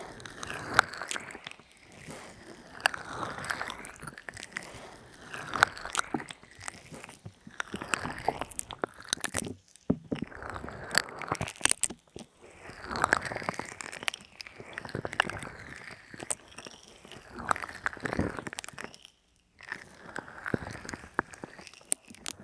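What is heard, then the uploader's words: An ear massage with oil and lotion: wet, slick rubbing and squelching sounds that swell and fade in uneven strokes. Dense crackly texture with sharp clicks and pops scattered throughout, a couple of brief near-silent gaps around ten and nineteen seconds. ASMR Relaxing Ear Massage NO TALKING (Oil, Lotion & Peeling pack).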